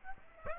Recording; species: mosquito wingbeat signal from an infrared sensor; Aedes aegypti